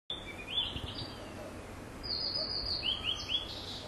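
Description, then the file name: Blue-and-white flycatcher song: high clear whistled notes near the start, then a longer run of fast warbled phrases after two seconds, over steady low background hiss. "ooruri"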